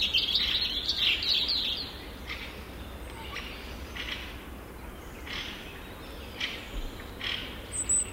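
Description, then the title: European robin song: a bright, high warbling phrase in the first two seconds, followed by fainter, thin scattered notes over a low background hum. "Viikon luontoääni: Punarinta"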